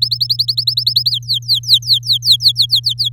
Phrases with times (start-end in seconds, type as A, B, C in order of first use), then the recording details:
0.02-1.10 A, 1.11-3.09 B. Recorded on 9 May 2018 at 14:59. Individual llb16